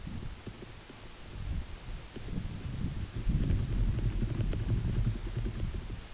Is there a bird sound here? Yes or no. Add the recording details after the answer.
no. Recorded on Arctic tundra, site UTQI-8, on 14 June 2019. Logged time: 10:00